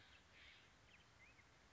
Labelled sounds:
Black-headed Grosbeak
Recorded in Sonoma County, California

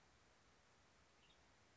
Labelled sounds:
Western Tanager
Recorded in Sonoma County, California

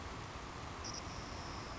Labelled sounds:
Savannah Sparrow
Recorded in Sonoma County, California

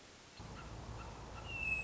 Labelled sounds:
Hermit Thrush
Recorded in Sonoma County, California

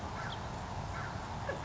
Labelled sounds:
House Finch
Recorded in Sonoma County, California

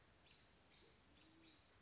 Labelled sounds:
Band-tailed Pigeon
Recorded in Sonoma County, California

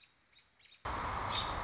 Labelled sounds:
American Robin
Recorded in Sonoma County, California

